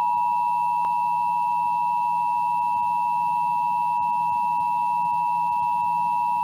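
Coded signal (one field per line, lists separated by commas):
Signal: Emergency Alert System (SAME) tones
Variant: 853 and 960 Hz attention tone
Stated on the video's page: Animated fictional EAS interrupting a television programme, made with FlashThemes.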